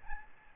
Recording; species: mosquito wingbeat signal from an infrared sensor; Aedes albopictus